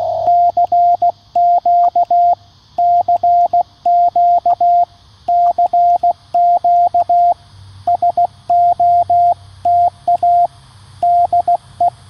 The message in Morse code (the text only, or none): CQ CQ CQ SOTA DE